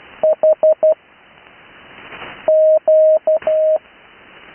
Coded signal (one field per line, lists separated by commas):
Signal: Morse code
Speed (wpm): 12 wpm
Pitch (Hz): 630 Hz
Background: none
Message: H Q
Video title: Morse Code Callsign Practice – Recorded Live July 8 2026 #morsecode